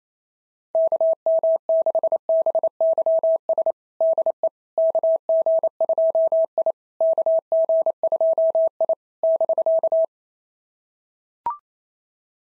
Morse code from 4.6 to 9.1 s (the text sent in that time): KG2I KG2I